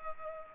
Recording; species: mosquito wingbeat signal from an infrared sensor; Culex pipiens